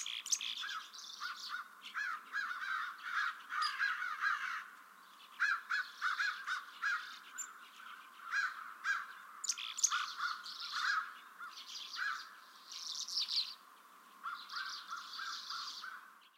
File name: Black-capped Chickadees Common Redpolls and American Crows